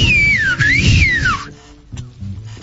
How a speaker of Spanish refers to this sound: Más o menos. No es un gran chiflido, la verdad. Sé más que de acuerdo. Sí, le hace falta. Claramente, pero no es un gran chiflido. Pero sigue sin ser un gran chiflido. No, este no salió tan bien.